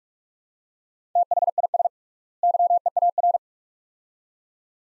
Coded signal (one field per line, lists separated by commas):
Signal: Morse code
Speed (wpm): 46 wpm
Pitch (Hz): 700 Hz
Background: none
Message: THIS YEAR